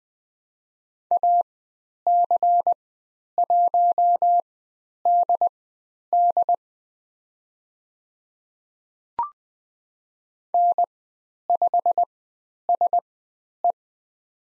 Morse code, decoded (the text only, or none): AC1DD N5SE